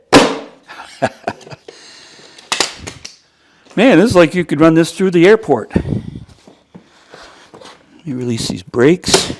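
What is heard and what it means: The front snap-in piece on the wheeled cart of a Ugreen Power Roam 2200 portable power station is pushed in, giving a burst of sharp snap hits between about 1.0 and 3.1 s. It seats with the loudest snap at 2.5 s. Afterward someone talks, with a few faint knocks near the end.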